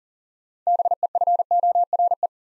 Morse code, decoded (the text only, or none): BEFORE